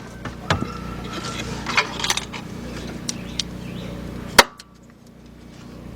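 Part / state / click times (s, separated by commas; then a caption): wiring connector into the headlight assembly / seated / 4.4 s. A wiring connector is pushed into the new left headlight assembly of a 2007 Volkswagen Passat 2.0. Soft handling clicks and rattles are heard over a steady low hum. The plug snaps firmly into place with a sharp click at 4.4 s.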